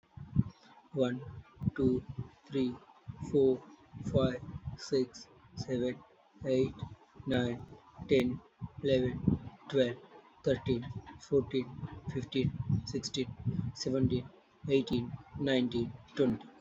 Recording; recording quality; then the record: counting at a normal pace; excellent, no background noise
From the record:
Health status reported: healthy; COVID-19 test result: not tested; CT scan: not taken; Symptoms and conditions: none ticked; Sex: male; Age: 32 years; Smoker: no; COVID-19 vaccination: one dose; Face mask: not worn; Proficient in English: yes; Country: India